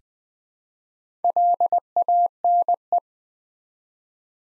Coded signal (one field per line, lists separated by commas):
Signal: Morse code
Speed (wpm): 20 wpm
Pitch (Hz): 700 Hz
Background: none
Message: LANE